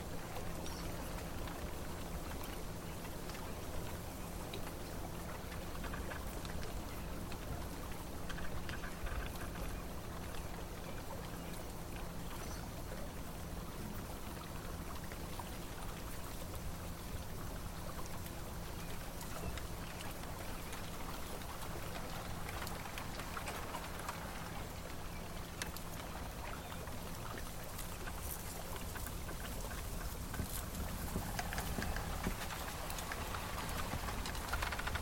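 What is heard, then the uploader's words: Bamboo thicket on water, heard as a steady, dense wash of fine crackling and patter like rain, with a low constant hum underneath. Level stays even throughout, with slightly brighter rustling bursts near the end. Bamboo forest ambience for relaxation | sound of bamboo thicket on water.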